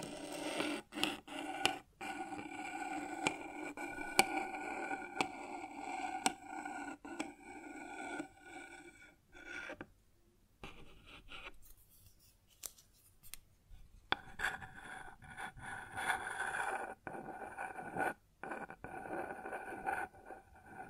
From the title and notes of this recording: ASMR Sounds on Wooden Surface (No Talking).